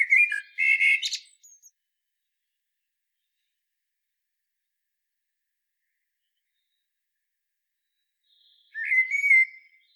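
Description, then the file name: Common blackbird phrase with a high twitter mixed in at the start, then after a long silence another phrase near the end. "Turdus merula"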